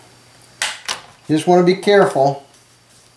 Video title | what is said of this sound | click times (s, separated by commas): DIY - How to Replace Your Laptop Screen in an HP ProBook 4440s | good way those bottom piece is hooked the tab is almost like a hole so you fit it in there and then once that's in there it snaps right in | 0.6 s